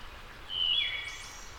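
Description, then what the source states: Wood thrush song phrase: a single clear whistled note that slips lower, followed by a faint high trill, over constant background hiss. Labelled as a return.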